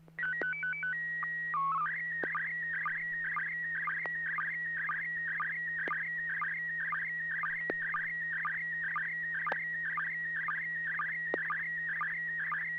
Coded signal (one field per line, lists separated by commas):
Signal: SSTV (slow-scan television)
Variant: PD 120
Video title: N6NA SSTV Net - 01/03/2024